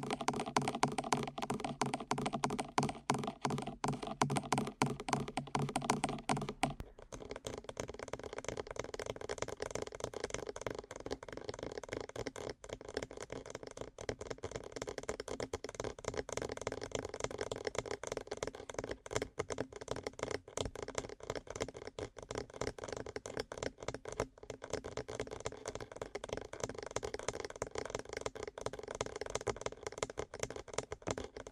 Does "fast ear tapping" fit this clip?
yes